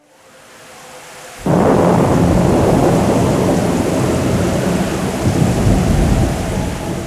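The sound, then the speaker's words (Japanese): A thunderstorm at night: after a low, quiet rumble, a sudden loud thunderclap bursts in and rolls on as a sustained, heavy roar mixed with steady pouring rain. No voices. “ついにある嵐の夜”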